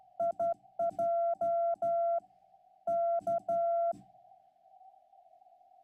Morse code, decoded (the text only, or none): IJ K